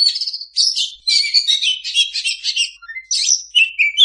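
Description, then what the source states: Oriental magpie-robin singing continuously, mixing loud clear whistles with fast scratchy chatter and sliding notes, barely pausing over a few seconds. Singing kacer, meant to train kacer that do not sing.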